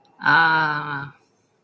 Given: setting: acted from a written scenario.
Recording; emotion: vocal sound without words; realization